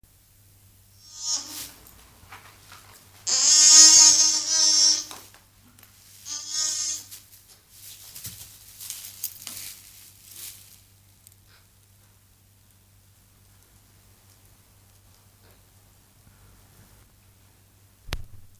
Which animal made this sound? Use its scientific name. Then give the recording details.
Kobus leche. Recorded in captivity. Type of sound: call. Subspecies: kafuensis. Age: juvenile. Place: Zoo Rostock, Mecklenburg-Vorpommern, DE. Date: 1984-02-02 14:43. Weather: overcast, 2°C. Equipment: Nagra SN, Kopie Uher 4000 Report Monitor. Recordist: Tembrock, Günter. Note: Kafue-Litschi-Wasserbock ( Kobus leche kafuensis). Jungtier (4 Tage alt): Langlaute (festgehalten)